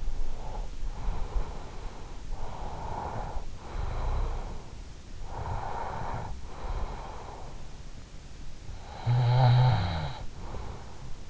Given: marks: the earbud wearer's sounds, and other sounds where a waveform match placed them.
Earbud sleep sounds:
sounds in sleep by an in-ear microphone; breath, snoring breath
0.00-7.99 s: breath
8.51-11.30 s: snoring breath

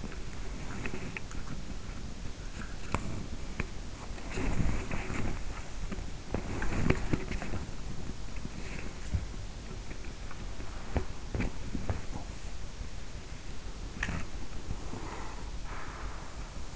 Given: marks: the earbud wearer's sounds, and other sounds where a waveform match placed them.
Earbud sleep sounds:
sounds in sleep by an in-ear microphone; body movement, swallowing, breath
0.00-16.76 s: body movement
13.20-14.21 s: swallowing
14.81-16.64 s: breath

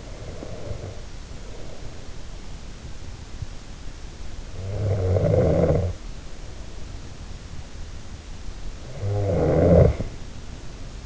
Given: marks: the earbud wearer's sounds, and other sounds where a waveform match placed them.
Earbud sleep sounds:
sounds in sleep by an in-ear microphone; breath, snoring breath
0.00-2.47 s: breath
4.46-7.38 s: snoring breath
8.59-11.06 s: snoring breath

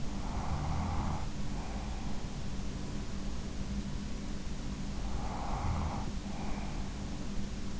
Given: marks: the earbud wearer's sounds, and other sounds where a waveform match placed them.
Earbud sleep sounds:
sounds in sleep by an in-ear microphone; snoring breath
0.00-2.28 s: snoring breath
4.97-6.91 s: snoring breath

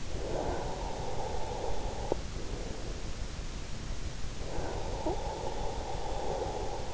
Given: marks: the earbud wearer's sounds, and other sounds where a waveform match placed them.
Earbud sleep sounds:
sounds in sleep by an in-ear microphone; breath
0.22-2.29 s: breath
4.46-6.94 s: breath

